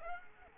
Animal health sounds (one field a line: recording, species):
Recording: mosquito wingbeat signal from an infrared sensor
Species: Aedes aegypti